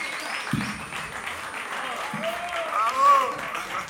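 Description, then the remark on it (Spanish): An audience claps in a steady, dense wash of applause, with a few voices and a brief rising cheer cutting through toward the end. “Fuerte el aplauso para Luquitas, que se animó”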